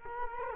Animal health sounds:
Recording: mosquito wingbeat signal from an infrared sensor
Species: Culex quinquefasciatus

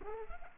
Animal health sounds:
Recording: mosquito wingbeat signal from an infrared sensor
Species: Culex pipiens

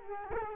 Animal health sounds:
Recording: mosquito wingbeat signal from an infrared sensor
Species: Culex quinquefasciatus

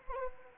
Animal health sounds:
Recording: mosquito wingbeat signal from an infrared sensor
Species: Anopheles arabiensis

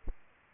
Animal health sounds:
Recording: mosquito wingbeat signal from an infrared sensor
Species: Aedes aegypti

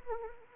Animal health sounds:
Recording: mosquito wingbeat signal from an infrared sensor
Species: Anopheles arabiensis

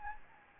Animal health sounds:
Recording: mosquito wingbeat signal from an infrared sensor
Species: Anopheles gambiae

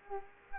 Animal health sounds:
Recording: mosquito wingbeat signal from an infrared sensor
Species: Culex quinquefasciatus

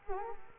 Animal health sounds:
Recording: mosquito wingbeat signal from an infrared sensor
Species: Culex quinquefasciatus

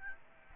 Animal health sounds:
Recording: mosquito wingbeat signal from an infrared sensor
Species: Aedes albopictus

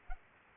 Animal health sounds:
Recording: mosquito wingbeat signal from an infrared sensor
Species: Culex pipiens

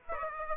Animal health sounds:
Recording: mosquito wingbeat signal from an infrared sensor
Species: Aedes aegypti

